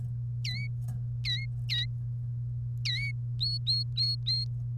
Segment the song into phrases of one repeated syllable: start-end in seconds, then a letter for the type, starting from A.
0.44-0.67 A, 1.25-1.85 A, 2.85-3.11 A, 3.41-4.44 B